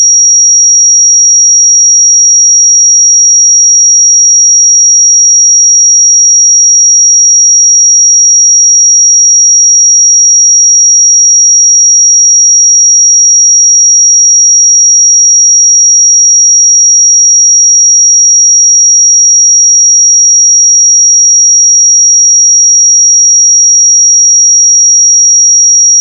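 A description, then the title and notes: A pure 5682 Hz sine tone holds perfectly steady and unbroken for the whole clip, thin and piercingly high, with nothing else behind it. 5682 Hz 1 Hz Interval Sine Pure Tone Frequency 441000 Sample Mono.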